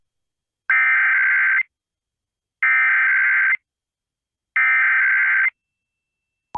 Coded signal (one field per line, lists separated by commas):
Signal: Emergency Alert System (SAME) tones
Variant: header bursts